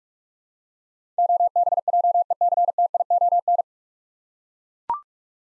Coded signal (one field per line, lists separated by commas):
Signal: Morse code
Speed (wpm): 42 wpm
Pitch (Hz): 700 Hz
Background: none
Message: OBJECTION